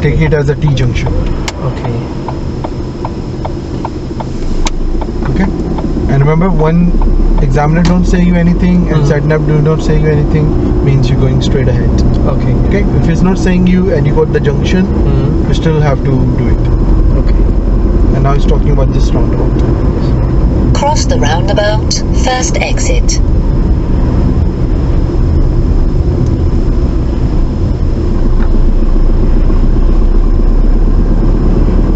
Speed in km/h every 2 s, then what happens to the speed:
15, 8, 11, 19, 27, 31, 32, 31, 35, 37, 34, 29, 24, 23, 26, 31.
0-3 slows to 8. 3-17 speeds up to 37. 17-25 slows to 23. 27-32 speeds up to 31.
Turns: none.